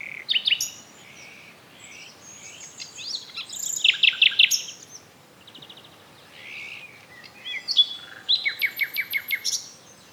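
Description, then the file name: Common nightingale singing varied phrases: buzzy trills, clear whistles and rapid repeated notes in several bursts, with short pauses between phrases. "Luscinia megarhynchos"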